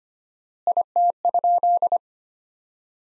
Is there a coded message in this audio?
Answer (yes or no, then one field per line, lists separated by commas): yes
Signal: Morse code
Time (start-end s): 0.7-2.0 s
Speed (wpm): 25 wpm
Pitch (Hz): 700 Hz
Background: none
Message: IT?